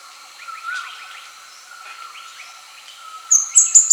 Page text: Plain Flowerpecker Song. Quick Sounds